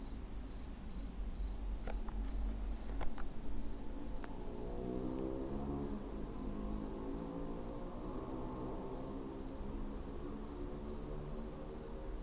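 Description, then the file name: Cricket chirping in steady high-pitched pulses, about two per second throughout, over a low rumbling background. "CRICKET ON CATS CREEP"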